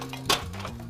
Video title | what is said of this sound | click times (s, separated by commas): Little Giant Xtreme™ Multi purpose Ladder | Completely seated. | 0.3 s